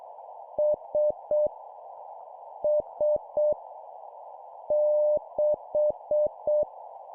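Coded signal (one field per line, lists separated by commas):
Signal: Morse code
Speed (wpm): 7 wpm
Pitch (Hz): 600 Hz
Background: none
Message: S S 6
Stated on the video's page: Morse at 7 wpm: copy-speed drill of random letters, numbers and punctuation, each repeated three times.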